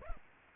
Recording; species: mosquito wingbeat signal from an infrared sensor; Aedes aegypti